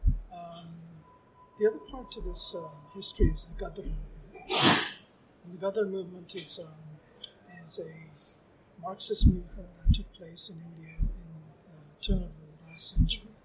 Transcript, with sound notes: The other part to this history is the Ghadar Movement. [loud bang] And the Ghadar Movement is um is a Marxist movement that took place in India at the turn of the last century.